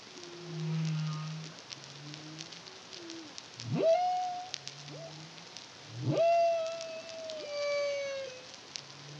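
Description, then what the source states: Humpback whale song alternating low moans with sharp rising whoops that level into long tones, accompanied by crackling clicks in the background. Caribbean, CARIMAM project, 2023.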